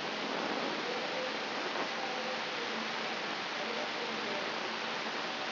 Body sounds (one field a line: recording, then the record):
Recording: brain microelectrode recording played as sound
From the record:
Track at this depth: inside the subthalamic nucleus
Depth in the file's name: 5.934 mm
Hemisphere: right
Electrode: 3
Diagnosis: Parkinson's disease